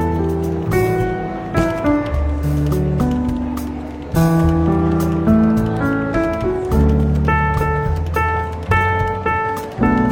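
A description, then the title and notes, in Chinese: Relaxed jazz plays in a London bookshop café, with a deep bass line moving from note to note about once a second under mellow chords. Light cymbal and drum hits land steadily throughout, with firmer accents near four and seven seconds. 伦敦书店咖啡馆轻微喧闹氛围与柔和轻松的爵士背景音乐。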